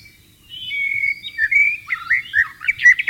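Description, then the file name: White-rumped shama: long drawn-out whistles leading into quick, bouncing chirped notes. "suara burung murai batu di alam liar"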